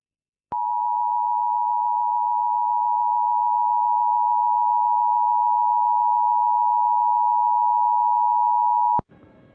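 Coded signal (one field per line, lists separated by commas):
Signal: Emergency Alert System (SAME) tones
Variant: 853 and 960 Hz attention tone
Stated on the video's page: Weekly and monthly tests.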